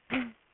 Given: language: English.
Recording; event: throat vibration sensor signal played as sound; throat clearing